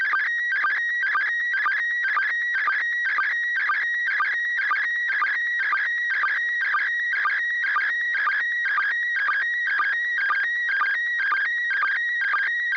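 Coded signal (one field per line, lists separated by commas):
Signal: SSTV (slow-scan television)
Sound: warbling tone with a rhythmic chirp twice a second, steady scanning lines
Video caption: First Image Transmission Begin Resulting Image Beginning of a Second Image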